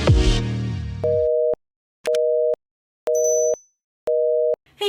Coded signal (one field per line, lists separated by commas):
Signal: telephone call progress tone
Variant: North America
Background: music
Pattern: busy tone